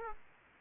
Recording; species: mosquito wingbeat signal from an infrared sensor; Aedes aegypti